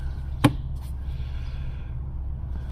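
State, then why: Seated. On a 2002 Honda Accord V6, the upper plastic lid of the evaporator case (cabin air filter housing) behind the glove box is hooked on at its tongue and pressed until its clip snaps into place. A single sharp click is heard at 0.5 s over a steady low hum. The lid is seated.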